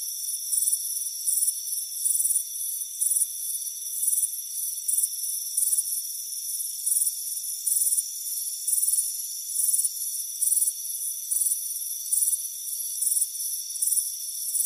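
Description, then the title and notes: Cricket chirping: high pulsed chirps repeating over a continuous thin insect drone. Crickets chirping on a warm afternoon by a front porch. "Soothing Crickets Chirping Sound. It's a warm afternoon as you relax in a hammock on the front porch. Relax and fall asleep to the soothing sound of chirping crickets. Deep Sleep Sounds"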